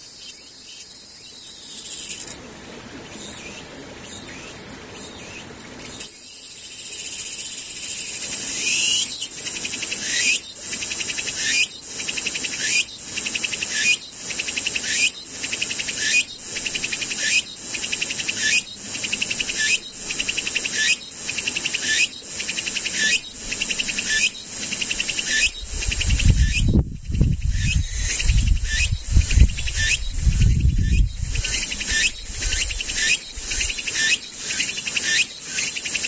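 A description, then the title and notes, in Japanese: A tsukutsuku-boshi cicada sings with a loud, bright, hissing buzz that fills the whole clip. After a steadier opening, the call breaks into quick, regular pulses repeating about once a second. A low rumble rises underneath from about 26 to 31 seconds. セミ無音ツクツクホーシ。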